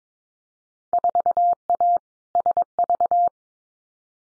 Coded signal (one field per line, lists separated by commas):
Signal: Morse code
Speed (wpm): 22 wpm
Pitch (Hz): 700 Hz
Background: none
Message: 4A SV